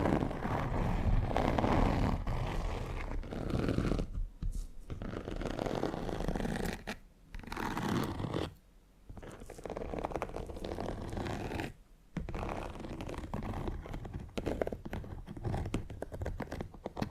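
Fingernails scratch and drag across textured leather in dense, rasping strokes that rise and fall in loudness. The scratching runs almost continuously, broken by brief quiet gaps near 4, 7, 9 and 12 seconds, with a low rumble underneath throughout.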